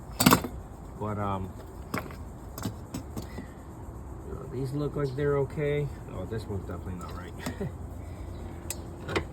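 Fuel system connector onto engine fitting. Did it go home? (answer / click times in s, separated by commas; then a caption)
yes / 8.7 s. A fuel system connector that was not seated properly is pushed back onto its engine fitting during reassembly of a 5.0 engine's fuel system. Someone talks over scattered handling taps and clatter, then a sharp click at 8.7 s marks the connector seating.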